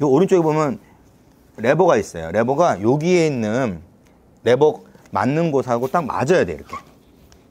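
Someone talks while handling a folded stroller, pressing it so the fold lock latch on the frame's lever can engage. Nothing has clicked or seated yet; the clip ends just before the lock clicks shut, with a faint tick near 7.3 s.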